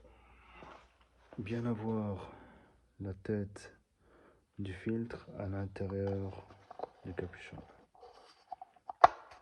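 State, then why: Seated. A new paper oil filter element is pushed into the plastic oil filter housing cap of a 2007 Mercedes A150 during an oil change while someone talks. A few faint taps come first, then a sharp click at 9.0 s as the filter head clips into the cap, showing it is seated.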